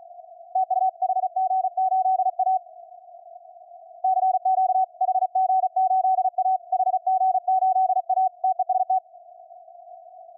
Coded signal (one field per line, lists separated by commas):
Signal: Morse code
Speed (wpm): 36 wpm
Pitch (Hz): 750 Hz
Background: none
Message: TU HG8A CQ HG8A HG8A TEST